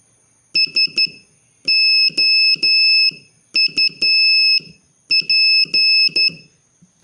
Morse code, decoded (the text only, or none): SOUP